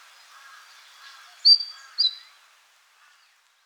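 Rufous-gorgetted flycatcher giving two bright, high thin notes about half a second apart, over faint lower twittering.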